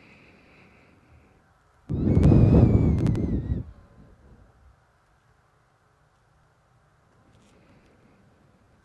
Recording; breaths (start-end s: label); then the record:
nose breathing near a microphone
0.00-1.60 s: inhalation
1.60-4.92 s: exhalation
7.01-8.85 s: inhalation
From the record:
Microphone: phone